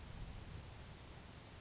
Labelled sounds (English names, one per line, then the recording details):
Grasshopper Sparrow
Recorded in Sonoma County, California